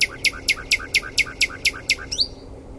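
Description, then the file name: Common nightingale song phrase: about nine loud, evenly spaced high chips repeated roughly four per second, ending in a brief rising twisted note. "Luscinia megarhynchos"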